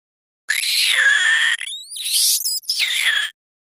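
Rodent squeals: three loud, high, drawn-out squeaky cries, the middle one broken by quick rising glides, with silence before and after.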